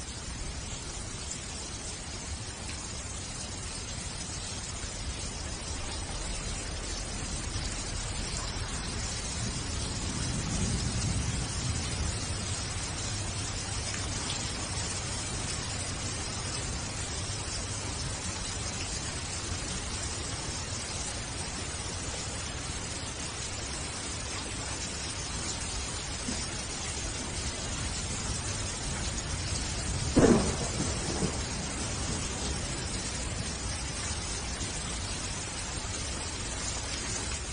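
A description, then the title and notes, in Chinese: Rain falls in a courtyard as a steady, even hiss that holds through the whole clip at an unchanging density. A soft low rumble swells around ten to twelve seconds, and a single sharp knock or drip lands near the thirtieth second. 庭院下雨。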